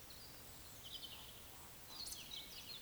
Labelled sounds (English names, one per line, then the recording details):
Eurasian Woodcock whistle
Eurasian Woodcock croak
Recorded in Baden-Württemberg, Germany, on 29 May 2021 at 19:42 UTC
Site 24608, 624 m above sea level